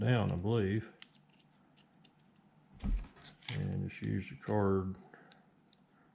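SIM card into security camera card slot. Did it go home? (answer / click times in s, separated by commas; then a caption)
yes / 5.7 s. Someone talks while a SIM card is pushed into the card slot of a Reolink security camera until it latches. A short, sharp click is heard at 5.7 s as the card seats in the slot.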